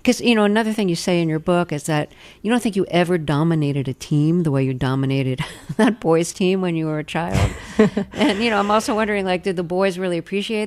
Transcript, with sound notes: 'Cause, you know, another thing you say in your book is that you don't think you ever dominated a team the way you dominated that boys team when you were a child. (Laughter) And, you know, I'm also wondering, like, did the boys really appreciate that?